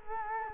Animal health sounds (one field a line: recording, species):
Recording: mosquito wingbeat signal from an infrared sensor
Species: Culex quinquefasciatus